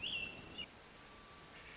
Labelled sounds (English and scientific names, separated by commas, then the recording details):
Pacific Wren (Troglodytes pacificus)
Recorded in Sonoma County, California